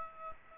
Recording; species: mosquito wingbeat signal from an infrared sensor; Aedes aegypti